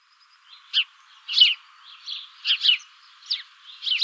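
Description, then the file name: House sparrow chirps, short harsh notes given singly and in pairs about once a second, with a faint background hiss. "Passer domesticus"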